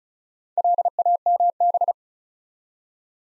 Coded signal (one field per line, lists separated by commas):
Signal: Morse code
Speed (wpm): 36 wpm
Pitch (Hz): 700 Hz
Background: none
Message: LAMB